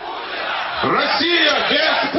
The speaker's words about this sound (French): Une Russie sans Poutine, crient ces manifestants.